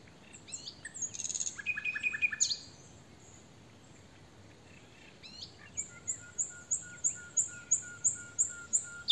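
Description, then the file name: Common nightingale: a burst of chattering trills, then after a pause a slow series of steady, repeated whistled notes. "Luscinia megarhynchos"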